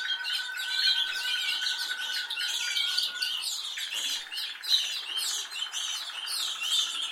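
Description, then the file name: Canary song, dense layered high twittering over a steady low tone, which gives way to a rapid rattling trill in the second half. "Canary Voice"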